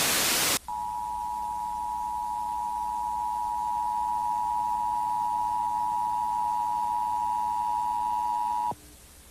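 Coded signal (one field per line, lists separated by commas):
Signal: Emergency Alert System (SAME) tones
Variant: 853 and 960 Hz attention tone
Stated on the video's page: Fictional EAS scenario about a Yellowstone eruption, not real, though it may contain valid EAS tones.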